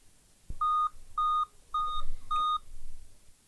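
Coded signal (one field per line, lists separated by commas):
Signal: beep code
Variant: laptop BIOS POST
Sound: a click, then four short, evenly spaced, identical mid-pitched electronic beeps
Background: quiet room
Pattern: 4 short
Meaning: Four beeps signal a memory read/write failure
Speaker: a dedicated graphic tee for babes memory read write failure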